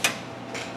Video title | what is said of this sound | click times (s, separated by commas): Solder Pot Cart - Install/Adjustments | and you'll hear it snap okay | 0.1 s